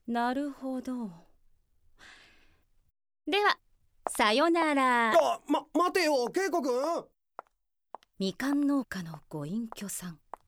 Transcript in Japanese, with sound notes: なるほど…。では、サヨナラー！
ま、待てよ！ケイコ君！ （自分に言い聞かすように）
ミカン農家のご隠居さん、